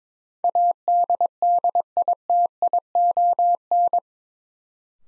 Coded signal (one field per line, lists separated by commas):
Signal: Morse code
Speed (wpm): 22 wpm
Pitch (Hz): 700 Hz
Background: none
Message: ADDITION